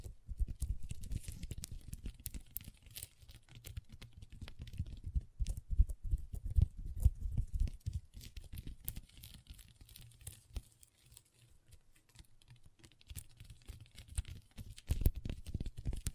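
Long fingernails tap and scratch on a table in quick, uneven runs of clicks, much like typing. The taps come densely through most of the clip, thin out and soften around ten to fourteen seconds, then pick up again near the end over a low steady hum.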